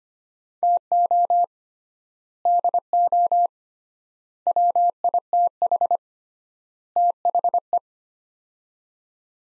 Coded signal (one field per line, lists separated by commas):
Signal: Morse code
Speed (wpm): 25 wpm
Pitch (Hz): 700 Hz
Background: none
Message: TO DO WITH THE